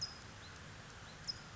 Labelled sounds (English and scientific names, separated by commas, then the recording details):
California Towhee (Melozone crissalis)
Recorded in Sonoma County, California